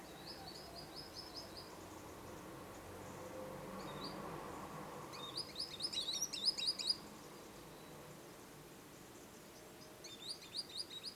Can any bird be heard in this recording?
yes